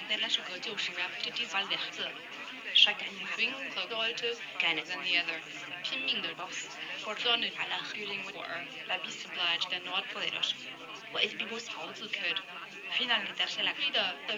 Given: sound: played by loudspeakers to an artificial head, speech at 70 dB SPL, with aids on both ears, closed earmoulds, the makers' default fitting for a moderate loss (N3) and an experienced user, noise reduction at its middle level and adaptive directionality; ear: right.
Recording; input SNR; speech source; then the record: speech test signal (ISTS) in cocktail-party noise; +3 dB; in front (0 degrees)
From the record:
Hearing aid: class 1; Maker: G